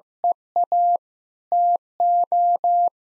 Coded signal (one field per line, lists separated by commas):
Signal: Morse code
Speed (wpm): 16 wpm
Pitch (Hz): 700 Hz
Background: none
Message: EA TO